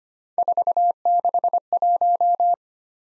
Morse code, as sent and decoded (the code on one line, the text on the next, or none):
....- -.... .----
461